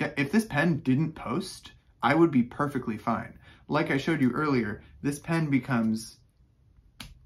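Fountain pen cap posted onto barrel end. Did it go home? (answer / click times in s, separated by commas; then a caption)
yes / 7.0 s. Someone talks for most of the clip, then the cap of a Lamy Ideos fountain pen is snapped onto the back end of the barrel to post it, giving a single sharp click at 7.0 s. The cap seats on the barrel, and the posted pen becomes really long.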